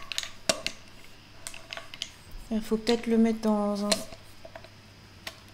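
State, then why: Seated. An Elgato Key Light Air LED studio light panel is fitted onto its mounting pole until it locks, with scattered handling clicks and taps while someone talks. It clicks into place at 5.3 s with a small clack, and the panel is seated and engaged.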